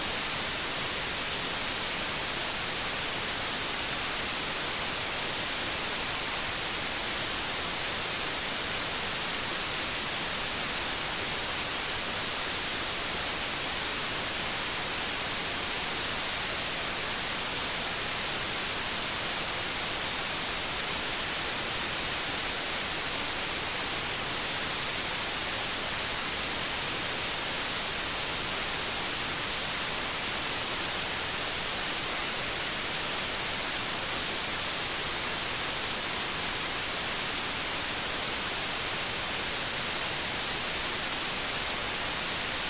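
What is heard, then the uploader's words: White noise plays steadily for the whole clip, a smooth, even hiss with no breaks or changes in level. The sound is bright and airy, leaning toward the high end with little low rumble, and nothing else can be heard beneath it. The gentle and consistent sound of white noise.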